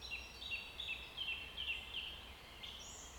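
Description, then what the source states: Bird song: clear whistled notes that dip downward, repeated several times in a quick steady series, over a low background hum. Forest setting.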